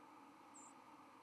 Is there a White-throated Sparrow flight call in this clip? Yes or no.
yes